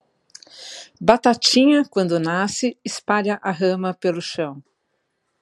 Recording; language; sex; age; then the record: short text; Brazilian Portuguese; female; 50 to 59 years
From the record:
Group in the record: control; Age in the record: 53 years